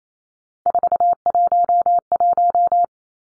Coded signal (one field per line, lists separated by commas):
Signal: Morse code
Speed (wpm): 28 wpm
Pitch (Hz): 700 Hz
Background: none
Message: 411